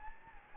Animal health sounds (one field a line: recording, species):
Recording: mosquito wingbeat signal from an infrared sensor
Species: Anopheles gambiae